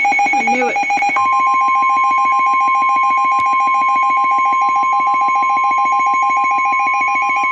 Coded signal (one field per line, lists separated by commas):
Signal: Emergency Alert System (SAME) tones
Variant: 1050 Hz attention tone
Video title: Tornado Warning (EAS #78)